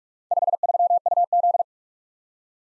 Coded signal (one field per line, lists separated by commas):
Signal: Morse code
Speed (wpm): 46 wpm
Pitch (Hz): 700 Hz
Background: none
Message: 53UZ